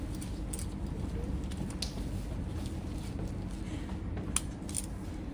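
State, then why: Seated. A speculum is opened on a training model during a vaginal and cervical smear exam until the cervical canal is visible, then its blades are locked in place with the locking mechanism on the handle. Several sharp hits sound over a steady low background, and the strongest, sharpest one at 4.4 s is the lock engaging, leaving the speculum seated and locked.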